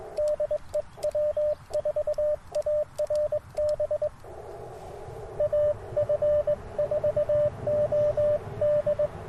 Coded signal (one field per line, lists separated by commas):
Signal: Morse code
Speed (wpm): 21 wpm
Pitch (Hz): 590 Hz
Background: radio noise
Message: DE W4ARB AF4OD